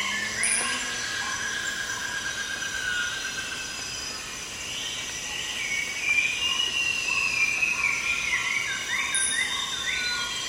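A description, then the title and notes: Insects in an early-morning rainforest hold a steady, even drone of high buzzing tones. Thin rising and falling calls weave through the middle, busier in the second half, and a couple of brief bright chirps stand out near the start and end. It's early morning at a dry riverbed in the Borneo rainforest.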